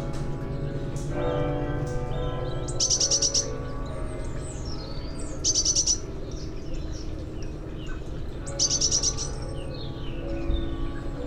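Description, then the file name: Eurasian blue tit calling: three short bursts of rapid, very high trilled notes about three seconds apart, over a steady low hum. "Cyanistes caeruleus"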